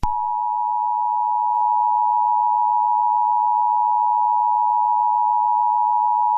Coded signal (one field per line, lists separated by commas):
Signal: Emergency Alert System (SAME) tones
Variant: 853 and 960 Hz attention tone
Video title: The Mid West Wildfire Outbreak: EAS Scenario